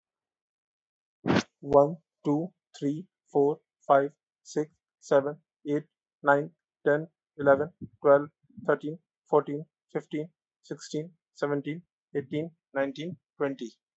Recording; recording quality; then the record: counting at a normal pace; excellent, no background noise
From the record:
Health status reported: healthy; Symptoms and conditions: none ticked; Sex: male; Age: 32 years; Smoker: not ticked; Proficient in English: yes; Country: India